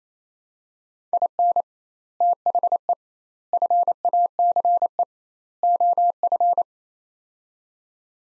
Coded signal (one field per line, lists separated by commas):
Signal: Morse code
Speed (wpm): 28 wpm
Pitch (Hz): 700 Hz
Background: none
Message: IN THE FACE OF